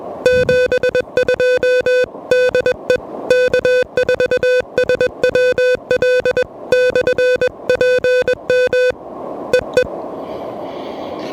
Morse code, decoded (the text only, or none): 72 DE K4SWL/PM EE